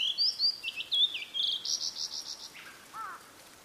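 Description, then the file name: Blue-and-white flycatcher song: high clear whistled notes, some sliding, followed by a run of short buzzy phrases and a fading soft trill at the end. "oruri"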